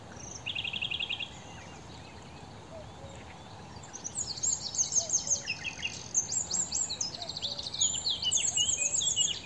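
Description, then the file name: Eurasian wren song: a rapid, loud outburst of high trills and sharp ticking notes, with an earlier short trill near the start; steady low background rumble. "Troglodytes troglodytes"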